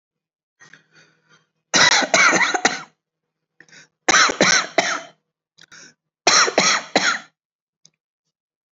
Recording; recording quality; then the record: shallow voluntary cough; excellent, no background noise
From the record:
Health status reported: healthy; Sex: male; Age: 43 years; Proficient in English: yes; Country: India